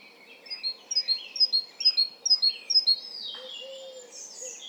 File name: Parus major